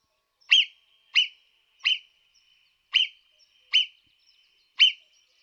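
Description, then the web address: Marmot whistles: six sharp, shrill single notes at slightly irregular intervals, each a brief piercing chirp with no other sounds. "audio-versi-animali Marmotta da xenocanto"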